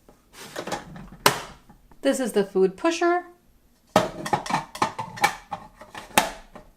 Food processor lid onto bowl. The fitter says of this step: turn the lid until it clicks